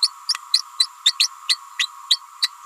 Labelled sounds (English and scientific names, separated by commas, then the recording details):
Green-rumped Parrotlet (Forpus passerinus) babbling
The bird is a female
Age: 29 days
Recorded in a nest box in Venezuela
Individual 17B31A3